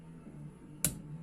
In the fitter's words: There's your click.